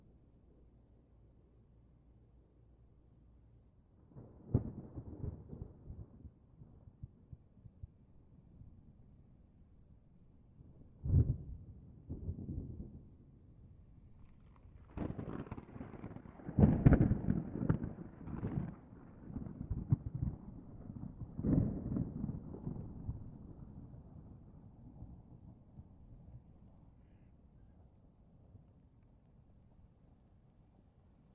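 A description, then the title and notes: Low grumbling thunder rolls through in uneven bursts, first around five seconds, then a short crack near eleven, and a longer, heavier rumble from about fifteen to twenty-five seconds before fading away. Between the rolls there is only a quiet, dull low murmur. All Raw and mixed audio recorded on: Focusrite Scarlett CM25, Focusrite Scarlett 2i2 Audio interface.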